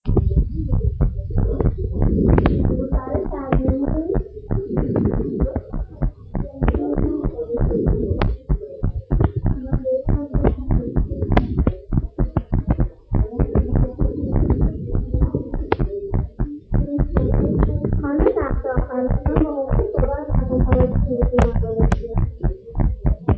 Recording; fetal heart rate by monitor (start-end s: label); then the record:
heart sounds of a pregnant woman by stethoscope
no fetal heartbeat
From the record:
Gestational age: 38 weeks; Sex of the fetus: boy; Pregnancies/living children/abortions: 2/1/0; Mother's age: 32 years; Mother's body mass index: 33.5